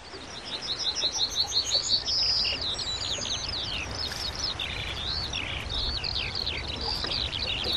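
Several birds sing on a sunny day over a soft background hiss, their bright chirps and warbling trills overlapping continuously in high, quick, tumbling phrases with no one talking.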